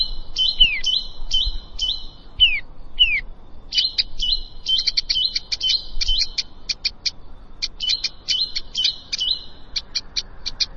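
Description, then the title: Prinia song: series of metallic chirps and down-slurred notes, then denser rapid bursts, with faint low background noise. "Ciblek Sawah"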